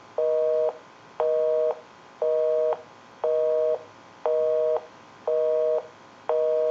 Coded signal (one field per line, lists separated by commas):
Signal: telephone call progress tone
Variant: North America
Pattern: busy tone